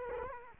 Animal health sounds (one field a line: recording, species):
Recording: mosquito wingbeat signal from an infrared sensor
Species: Culex quinquefasciatus